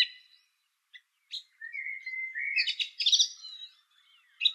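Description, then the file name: Song thrush song with short scattered notes, a level whistle running into a dense scratchy, buzzy twitter, and a sharp final note. "suara kicauan burung song thrush. omkicau"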